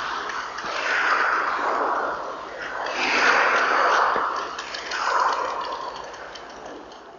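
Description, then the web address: Oilbird screams, three long harsh rasping wails that swell and fade at roughly two-second intervals, each noisy and broad rather than tonal. Recorded in Ecuador, South America. "Birds of Ecuador. Oilbird"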